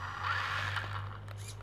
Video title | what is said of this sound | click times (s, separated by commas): Twin Hammers, Shift servo fix - Seb's RC Shop | it doesn't click in, it just compresses the fuel line. | none